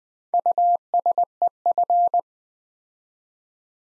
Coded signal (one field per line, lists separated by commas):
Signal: Morse code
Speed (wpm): 20 wpm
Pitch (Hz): 700 Hz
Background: none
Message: USEF